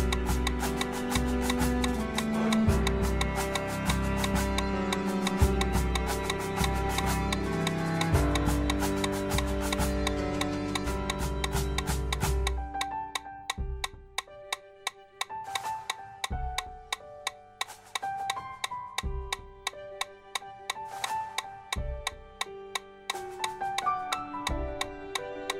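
Fast, regular metronome clicks run throughout, under dense sustained music with a pulsing low beat that thins out after thirteen seconds.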